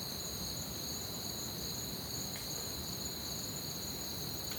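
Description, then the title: Crickets giving an unbroken high-pitched trill, two pitches layered together, with faint clicks and a low background rumble. Crickets chirping at night in an orchard, recorded from a balcony with a Zoom H6. "Crickets Under Stars"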